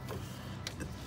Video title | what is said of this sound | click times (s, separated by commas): BMW E53 Coolant leak - Radiator heater hose and auxiliary water pump replacement. | If it doesn't click, it's not in. | 0.7 s